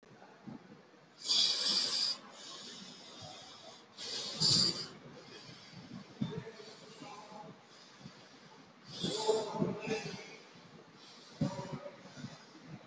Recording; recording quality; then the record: shallow breathing; excellent, no background noise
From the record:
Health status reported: COVID-19 positive, mild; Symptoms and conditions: loss of smell and taste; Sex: male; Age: 22 years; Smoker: not ticked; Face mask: worn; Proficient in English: yes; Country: India